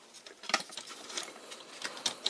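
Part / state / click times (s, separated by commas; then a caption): plastic model leg part into the support unit body / not seated / none. A plastic leg section from a 1/144 HG Gundam 00 model kit is handled against the body of the GN Arms Type-E support unit it clips onto. Light plastic taps and rattles are heard, with sharper ticks near 0.5, 2.1 and 2.3 seconds. Nothing has seated or clicked yet; the part is not yet home.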